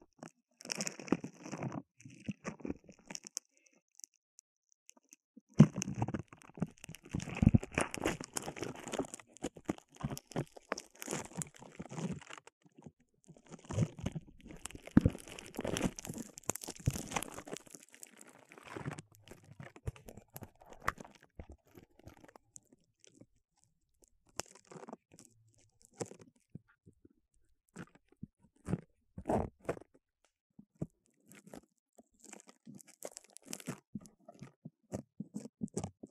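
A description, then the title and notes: Dry crinkling and crunching of bubble wrap and a sponge being handled, in dense bursts of small pops and scratches. Busiest from about 6 to 19 seconds, then thinning to sparse, separate crackles with short silences. Bubble Wrap, Sponge.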